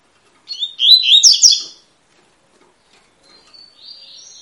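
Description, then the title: Double-collared seedeater song: one quick phrase of bright, slurred high notes lasting over a second, then quiet with a few thin, faint whistles. Tui-tui song style, described as fibra; a teaching song for young birds. "COLEIRO TUI TUI FIBRA CANTO PROFESSOR"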